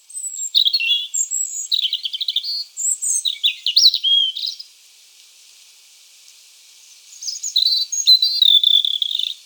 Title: Sylvain Jaskowiak - Mes piafs. Rougegorge familier